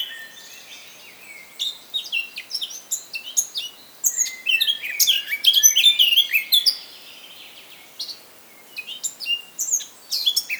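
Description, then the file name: Eurasian blackcap warbling continuously in varied, rapid phrases of high chirps and fluty notes, louder in the middle, with brief pauses. "Sylvia atricapilla"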